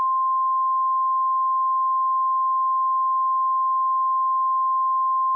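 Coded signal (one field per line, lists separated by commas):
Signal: Emergency Alert System (SAME) tones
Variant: 1050 Hz attention tone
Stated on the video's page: Fictional EAS scenario, simulated alert tones for an imagined Gulf of Mexico tsunami, not a real alert.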